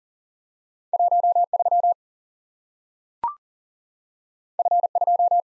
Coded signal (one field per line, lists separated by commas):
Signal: Morse code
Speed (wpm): 40 wpm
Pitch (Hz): 700 Hz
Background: none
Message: 1 3 F 2